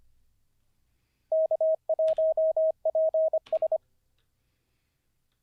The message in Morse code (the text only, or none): K1PS